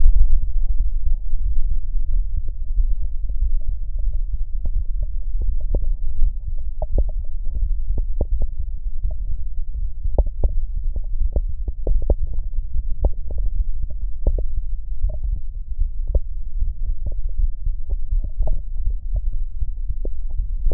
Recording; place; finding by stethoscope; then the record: heart sounds by stethoscope; mitral valve (MV); normal heart sounds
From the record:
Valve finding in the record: mitral regurgitation, grade 0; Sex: male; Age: 52 years